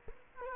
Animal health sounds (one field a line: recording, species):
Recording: mosquito wingbeat signal from an infrared sensor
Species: Culex quinquefasciatus